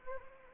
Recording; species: mosquito wingbeat signal from an infrared sensor; Anopheles arabiensis